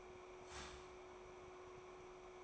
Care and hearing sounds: daily activity, microphone in the room; start toaster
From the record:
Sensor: 1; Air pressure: 1014.7 hPa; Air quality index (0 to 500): 194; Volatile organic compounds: 29 ppm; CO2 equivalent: 2927 ppm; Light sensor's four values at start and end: 4/9/3/3 and 4/9/3/3

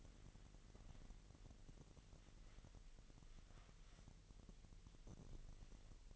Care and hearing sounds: daily activity, microphone in the room; wipe stove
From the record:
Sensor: 4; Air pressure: 1001.9 hPa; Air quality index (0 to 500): 247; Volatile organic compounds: 40 ppm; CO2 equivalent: 3151 ppm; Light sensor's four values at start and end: 9/19/8/7 and 9/19/7/7

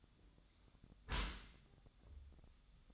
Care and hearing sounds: daily activity, microphone in the room; close dishwasher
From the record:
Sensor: 3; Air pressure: 1004.7 hPa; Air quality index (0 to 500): 108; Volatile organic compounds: 4 ppm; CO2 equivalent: 1701 ppm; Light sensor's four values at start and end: 7/17/7/6 and 7/17/7/6

